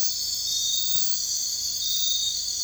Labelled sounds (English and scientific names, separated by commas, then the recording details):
none
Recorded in dense forest near Puerto Asís, Putumayo, Colombia, on 21 March 2025 at 03:00
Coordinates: 0.484, -76.317
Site G064